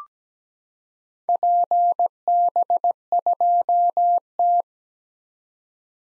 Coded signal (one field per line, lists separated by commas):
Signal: Morse code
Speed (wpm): 17 wpm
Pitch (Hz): 700 Hz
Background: none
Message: PB2T